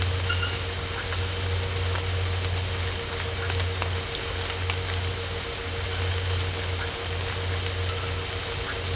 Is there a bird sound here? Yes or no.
no